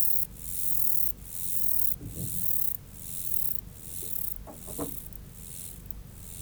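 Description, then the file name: Mottled grasshopper rasping in hissy bursts separated by brief pauses, with some soft low knocks and rustles in the middle. "Myrmeleotettix maculatus"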